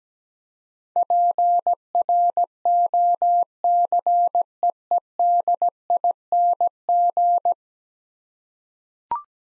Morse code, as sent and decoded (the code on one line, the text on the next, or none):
.--. .-. --- -.-. . . -.. .. -. --.
PROCEEDING